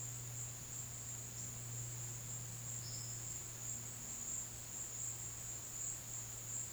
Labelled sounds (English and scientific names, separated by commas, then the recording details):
none
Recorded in dense forest near Puerto Asís, Putumayo, Colombia, on 20 February 2024 at 14:00
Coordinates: 0.485, -76.322
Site G6406